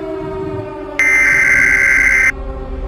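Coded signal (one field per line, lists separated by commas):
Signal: Emergency Alert System (SAME) tones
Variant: header bursts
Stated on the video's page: Simulated nuclear attack alert screen test that may contain valid or invalid tones.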